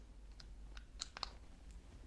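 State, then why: Not seated. While reassembling a Beretta Mod 81F pistol, the slide and barrel assembly is pushed back onto the frame, producing a few faint, small clicks over a low background hum. The slide has not seated on the frame yet.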